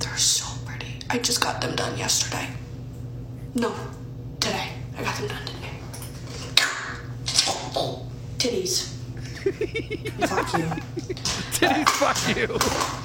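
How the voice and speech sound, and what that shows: A young adult woman with Tourette syndrome speaks casually during a makeup tutorial, her talk broken by sudden, repeated obscene outbursts of swearing and insults, typical of vocal tics with coprolalia.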